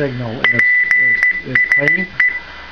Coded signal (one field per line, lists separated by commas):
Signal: Morse code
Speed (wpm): 15 wpm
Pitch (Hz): 2000 Hz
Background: speech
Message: PSE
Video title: 10 Meter Beacon For Amateur Radio 28.272.8 World Wide